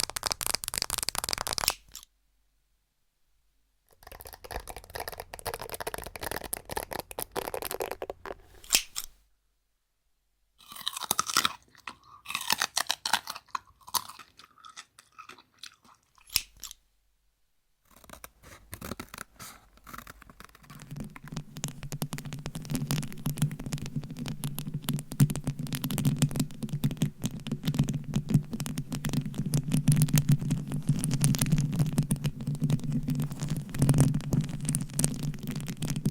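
Scratching and tapping sounds come in short bursts separated by full silences during the first twenty seconds, crisp and bright with quick irregular strokes. After about twenty seconds a steady low hum joins dense continuous rubbing that runs to the end.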